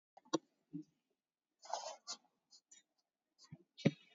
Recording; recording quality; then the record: shallow breathing; excellent, no background noise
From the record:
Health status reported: COVID-19 positive, mild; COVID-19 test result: positive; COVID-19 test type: RT-PCR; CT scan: taken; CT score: 13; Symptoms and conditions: cough, sore throat, fatigue, loss of smell and taste, diabetes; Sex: male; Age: 51 years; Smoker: no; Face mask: worn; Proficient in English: yes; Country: India